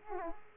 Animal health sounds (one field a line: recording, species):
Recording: mosquito wingbeat signal from an infrared sensor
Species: Aedes aegypti